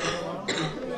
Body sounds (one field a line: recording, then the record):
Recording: coughing mixed with background sound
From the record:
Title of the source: female coughing - coughing sound effects girl